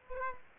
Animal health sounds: mosquito wingbeat signal from an infrared sensor; Aedes aegypti

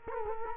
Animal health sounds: mosquito wingbeat signal from an infrared sensor; Culex quinquefasciatus

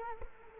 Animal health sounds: mosquito wingbeat signal from an infrared sensor; Culex quinquefasciatus

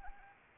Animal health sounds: mosquito wingbeat signal from an infrared sensor; Anopheles arabiensis

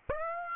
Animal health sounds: mosquito wingbeat signal from an infrared sensor; Aedes aegypti

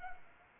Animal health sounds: mosquito wingbeat signal from an infrared sensor; Anopheles arabiensis

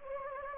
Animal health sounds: mosquito wingbeat signal from an infrared sensor; Anopheles gambiae

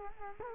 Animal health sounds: mosquito wingbeat signal from an infrared sensor; Culex quinquefasciatus

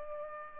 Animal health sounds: mosquito wingbeat signal from an infrared sensor; Culex pipiens

